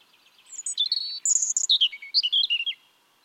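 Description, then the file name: European robin song, a single quick phrase of thin, high, varied notes, sweet whistles and tumbling trills that shift sharply in pitch, lasting about two seconds. "Erithacus rubecula"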